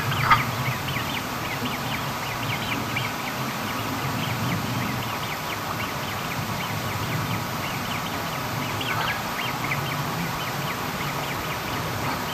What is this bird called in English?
Great Crested Grebe